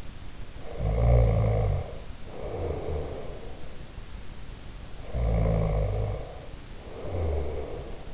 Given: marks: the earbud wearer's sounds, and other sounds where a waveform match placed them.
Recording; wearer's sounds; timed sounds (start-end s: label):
sounds in sleep by an in-ear microphone; snoring breath
0.51-3.71 s: snoring breath
4.88-8.14 s: snoring breath